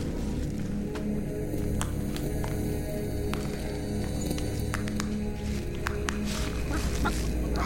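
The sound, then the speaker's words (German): A lone hen clucks in short, scattered bursts at the foot of Central Europe's financial monuments, over a steady low electrical hum that runs throughout. “Ein Huhn. Ein einziges Huhn.”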